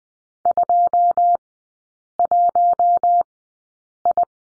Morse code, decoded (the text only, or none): 21I